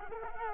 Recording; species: mosquito wingbeat signal from an infrared sensor; Culex quinquefasciatus